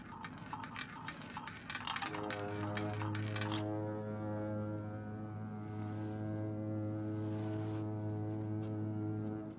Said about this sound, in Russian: Сел в кресло около стола с игровым полем и колесом для игры в рулетку. Задумчиво крутанул колесо.